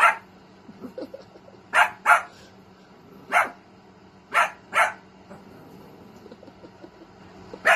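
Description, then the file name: Dog yapping in sharp pairs and singles at irregular intervals above a constant low hum and light background noise. Cute dog barking. "Tieng cho sua de thuong dang yeu"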